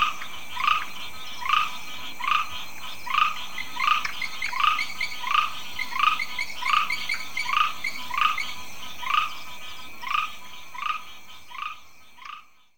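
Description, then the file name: Grass frog calling with short, sharp chirps repeated steadily about every three-quarters of a second over a soft background hum, fading out at the end. "Ptychadena trinodis"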